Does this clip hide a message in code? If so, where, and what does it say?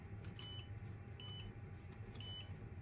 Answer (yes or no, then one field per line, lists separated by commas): no